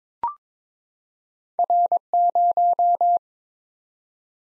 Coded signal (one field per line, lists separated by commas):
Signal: Morse code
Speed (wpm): 22 wpm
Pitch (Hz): 700 Hz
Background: none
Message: R0